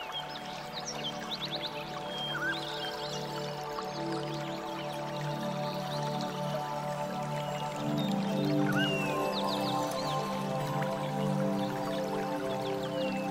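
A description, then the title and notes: Soft, sustained flute-like tones hold long, overlapping notes in the low and middle range, shifting slowly throughout. High, chirping bird calls flicker above at intervals, clustering around the third and ninth seconds, over a faint forest hush. The whole stays gentle, swelling slightly after eight seconds. Flute, Gentle Birds and Rainforest Sound.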